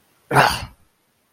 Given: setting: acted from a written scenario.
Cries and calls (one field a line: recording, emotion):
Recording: vocal sound without words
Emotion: disgust